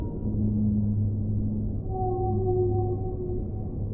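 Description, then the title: Whale calls, layered low humming tones with a higher drawn-out moan in the middle, over constant deep underwater noise. Underwater recording. "Whale Sounds Underwater for Relaxation"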